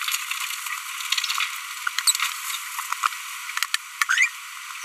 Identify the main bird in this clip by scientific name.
Forpus passerinus